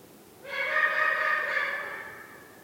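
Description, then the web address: Eurasian eagle-owl giving a sustained, nasal, buzzy-toned call of about one and a half seconds, holding steady before trailing off. "niaono sheng washifukurou"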